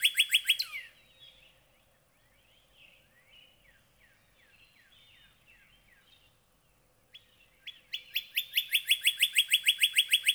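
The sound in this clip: Northern cardinal song: fast repeated notes end, soft sweeping chirps from other birds follow, then a long steady series of loud clipped notes returns.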